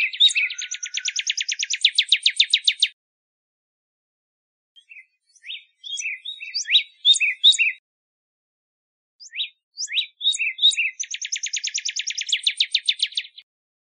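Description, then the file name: Northern cardinal singing a rapid trill of sharp downslurred notes, a pause, several scattered slurred notes, then another long fast trill. Recorded in Arizona. "NOCA 5 Deviche"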